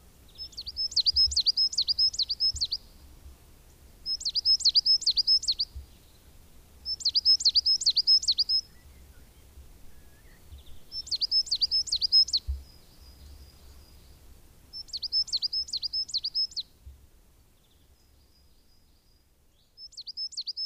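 A coal tit sings its high, bright phrases, each a quick run of four or five sharp, repeated notes. The phrases come every three to four seconds with short silent gaps, over a low, steady rumble with occasional soft thumps.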